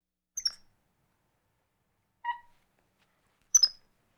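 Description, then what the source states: Capuchin monkey calling in three brief squeaks: high chirps at start and end, and a lower, softer note between them. Scared.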